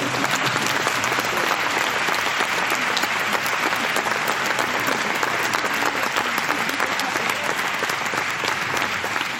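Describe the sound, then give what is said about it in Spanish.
An audience applauds, a dense, steady wash of many hands clapping that stays loud and even for about nine seconds without fading. “Es un aplauso que lo que viene a reconocer es lo que estamos hablando, esa voluntad artística que tienes.”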